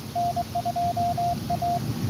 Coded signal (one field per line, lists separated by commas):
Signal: Morse code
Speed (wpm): 21 wpm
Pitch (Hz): 690 Hz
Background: radio noise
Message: N2A